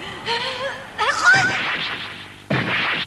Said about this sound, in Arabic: ماجد يسدد، استعد الكرة فورا وسدد باتجاه المرمى، سيكون الهدف الأول لفريق المجد.